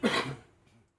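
One abrupt cough burst, a single one-shot sound effect, with a brief rough tail fading over about half a second.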